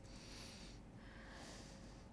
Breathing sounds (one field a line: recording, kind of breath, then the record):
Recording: one breath in and out by a microphone near the nose and mouth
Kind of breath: deep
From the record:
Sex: male